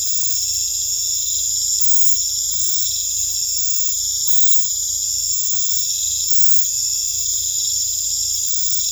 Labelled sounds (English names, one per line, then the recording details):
none
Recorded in secondary vegetation near Puerto Asís, Putumayo, Colombia, on 18 December 2024 at 19:00
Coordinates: 0.499, -76.323
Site G010